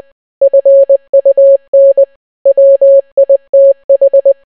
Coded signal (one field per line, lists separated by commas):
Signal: Morse code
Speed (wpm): 20 wpm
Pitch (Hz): 550 Hz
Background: none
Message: FUN WITH